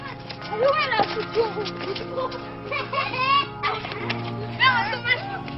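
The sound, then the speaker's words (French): Children's voices rise and fall in lively, overlapping shouts and calls as kids play in the streets of old miners' housing rows, with a steady low hum underneath and a dog-like yelp or two mixed in. “Ces enfants qui jouent dans les rues des vieux corons sont eux aussi fils de mineurs, petits-fils de mineurs.”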